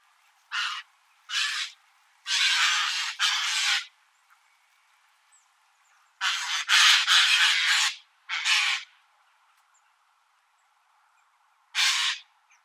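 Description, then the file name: Eurasian jay giving a series of coarse, grating screeches at irregular intervals, some run together, with pauses between them. "Garrulus glandarius"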